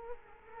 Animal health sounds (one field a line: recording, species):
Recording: mosquito wingbeat signal from an infrared sensor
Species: Culex quinquefasciatus